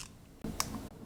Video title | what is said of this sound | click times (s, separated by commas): Harley-Davidson VROD Service and Repair | here that clicked now I know it's installed correctly | 0.6 s